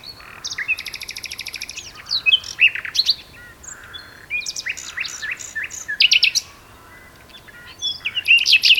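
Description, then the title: Common nightingale song with a quick rattling run, then varied whistled slurs and staccato note groups, a short quiet gap before high sweeping phrases return. Two birds singing a duet on Westleton Heath. "sanderson nightingale-duet-on-westleton-heath"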